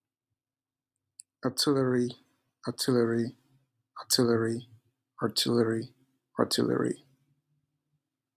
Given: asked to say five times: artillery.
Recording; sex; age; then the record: repeated word; male; 20 to 29 years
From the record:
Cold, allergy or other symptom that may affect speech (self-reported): no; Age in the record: 29 years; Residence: United States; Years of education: 17